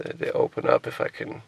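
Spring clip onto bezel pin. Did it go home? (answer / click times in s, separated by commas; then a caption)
no / none. A springy metal clip on a truck dash bezel piece is handled as it is pushed toward its pin while someone talks throughout. No distinct snap is heard, and nothing has seated or clicked yet.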